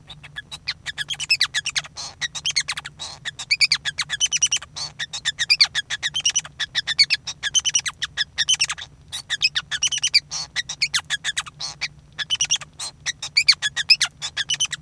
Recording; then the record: song of a male Bengalese finch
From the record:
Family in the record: son of father 5